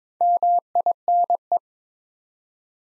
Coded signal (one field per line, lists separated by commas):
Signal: Morse code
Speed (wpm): 22 wpm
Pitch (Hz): 700 Hz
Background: none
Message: MINE